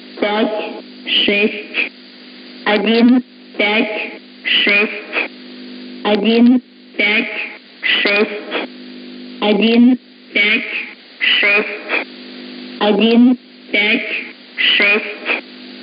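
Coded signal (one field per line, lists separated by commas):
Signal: numbers station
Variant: S06s, Russian female voice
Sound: female voice reading short Russian number words at a steady, even pace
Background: radio static, low hum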